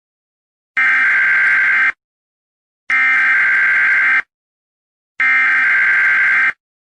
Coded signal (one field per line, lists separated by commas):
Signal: Emergency Alert System (SAME) tones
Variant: header bursts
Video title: Eas prank